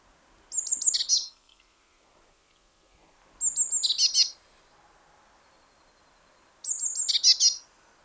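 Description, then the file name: Eurasian blue tit calls: three phrases roughly three seconds apart, each with thin high notes followed by a buzzy, scratchy lower burst. "Cyanistes caeruleus"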